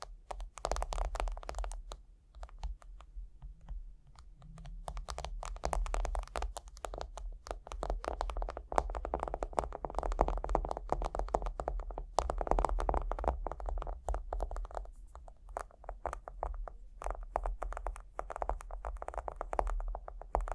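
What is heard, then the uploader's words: Tapping and scratching go on almost without pause, a dense run of quick, dry clicks and scrapes with a low hum underneath. A brief lull comes near the two-second mark, and the activity stays busy and uneven through to the end. Tapping and Scratching (No Talking).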